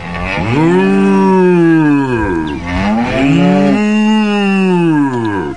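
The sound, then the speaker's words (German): A cow lets out two long, loud moos, each a low, drawn-out bellow rising and then sagging in pitch, with only a brief pause between them and no other voices. “Und kurz darauf stellt Obelix eine ganze Kuh auf den Tisch.”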